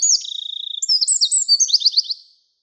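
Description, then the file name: Eurasian wren song fragment: a brief burst of piercing high notes, a buzzy trill, then a few quick rattling phrases over about two seconds. "krapivnik"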